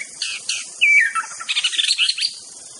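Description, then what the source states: White-rumped shama: songbird giving a brief burst of bright whistled notes, a clear sliding whistle and then a rapid chattering run, with high insect hiss underneath. Wild bird in forest; original natural song.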